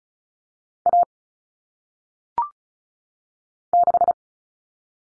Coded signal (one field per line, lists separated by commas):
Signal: Morse code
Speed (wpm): 34 wpm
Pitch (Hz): 700 Hz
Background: none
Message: A 6